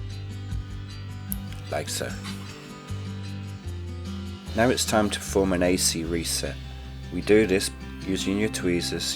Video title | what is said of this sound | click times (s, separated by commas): How to replace the battery in a Casio EDB-610 Calculator Watch | hear a click when it's locked into place like | 1.3 s